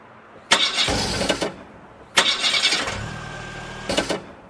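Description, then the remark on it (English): The starter of an old car cranks in three loud, rough bursts, the first two about a second long and the last one shorter, with brief pauses between them. The engine never catches, and no one speaks. “Non va. Perché non va? È troppo vecchia.”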